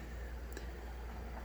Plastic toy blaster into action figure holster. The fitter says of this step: it's almost a little click when it goes and i really really like that